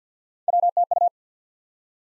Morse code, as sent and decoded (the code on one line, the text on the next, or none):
.-- - ..-
WTU